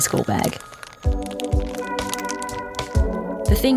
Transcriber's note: a dash of glitter sound effect; sounds of the spam sandwich getting put in the flimsy sandwich bag